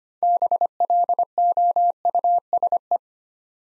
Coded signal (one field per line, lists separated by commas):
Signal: Morse code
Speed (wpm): 25 wpm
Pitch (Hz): 700 Hz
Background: none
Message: BLOUSE